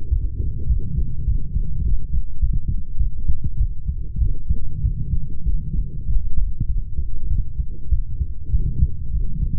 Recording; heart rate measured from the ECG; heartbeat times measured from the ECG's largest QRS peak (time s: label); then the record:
heart sounds by stethoscope; 100 bpm
0.09 s: heartbeat
0.68 s: heartbeat
1.26 s: heartbeat
1.83 s: heartbeat
2.41 s: heartbeat
2.98 s: heartbeat
3.58 s: heartbeat
4.19 s: heartbeat
4.82 s: heartbeat
5.44 s: heartbeat
6.07 s: heartbeat
6.67 s: heartbeat
7.29 s: heartbeat
7.90 s: heartbeat
8.51 s: heartbeat
9.12 s: heartbeat
From the record:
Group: healthy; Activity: light exercise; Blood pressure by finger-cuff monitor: 147/80 mmHg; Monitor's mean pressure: 99 mmHg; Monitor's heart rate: 100 bpm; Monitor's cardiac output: 8.4 L/min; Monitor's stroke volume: 82 mL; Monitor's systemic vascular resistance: 870 dyn s/cm5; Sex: female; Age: 32 years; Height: 168 cm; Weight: 61.9 kg